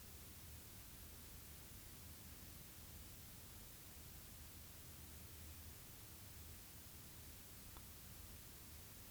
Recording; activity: daily activity, guitar pickup as the sensor; stand